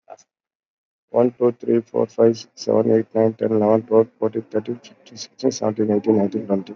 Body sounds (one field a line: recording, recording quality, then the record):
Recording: counting at a fast pace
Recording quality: moderate, slight background noise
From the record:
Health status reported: COVID-19 positive, mild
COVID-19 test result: positive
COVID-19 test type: RT-PCR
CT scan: not taken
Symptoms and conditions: fatigue, muscle pain, diarrhoea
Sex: male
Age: 37 years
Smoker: no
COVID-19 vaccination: both doses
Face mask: worn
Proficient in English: yes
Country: India